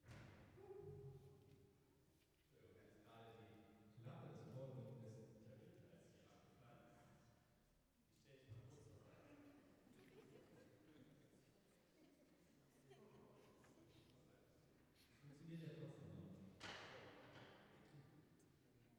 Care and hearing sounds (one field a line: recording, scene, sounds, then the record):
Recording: everyday scene through a hearing-aid microphone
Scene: reverberant space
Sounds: speech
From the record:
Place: church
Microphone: behind the ear, right, front